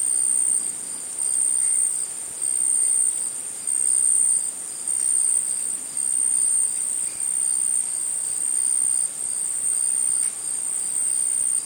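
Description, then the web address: Insects chirping in a steady high-pitched chorus, with recurring louder pulsing bursts over a constant shrill background hiss. Tropical insects; tropical forest or jungle setting. "Tom Hutchings Insects Tropical"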